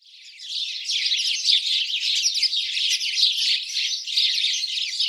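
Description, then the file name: House sparrows chattering: a steady wash of overlapping high chirps that fades in at the start and continues without a break. "Passer domesticus"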